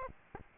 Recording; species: mosquito wingbeat signal from an infrared sensor; Aedes aegypti